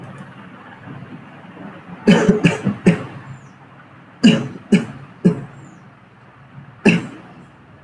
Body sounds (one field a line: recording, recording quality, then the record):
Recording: shallow voluntary cough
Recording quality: moderate, slight background noise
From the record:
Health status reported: healthy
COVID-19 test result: not tested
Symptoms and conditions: cough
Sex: male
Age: 23 years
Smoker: yes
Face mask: not worn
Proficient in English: yes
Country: India